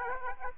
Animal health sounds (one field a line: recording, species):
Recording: mosquito wingbeat signal from an infrared sensor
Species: Aedes aegypti